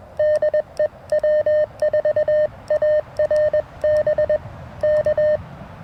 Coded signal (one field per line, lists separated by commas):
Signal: Morse code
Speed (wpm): 21 wpm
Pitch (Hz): 610 Hz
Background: none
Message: DEW4ARB K